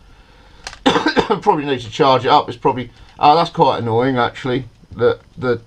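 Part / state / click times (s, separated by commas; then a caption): battery compartment door on a mirrorless camera body / not seated / none. The plastic battery and card compartment door on an Olympus PEN E-PL9 mirrorless camera body is pushed closed with a short knock at about 0.7 s, but it does not latch, and nothing has clicked shut. Someone talks throughout and finds the unlatched door annoying.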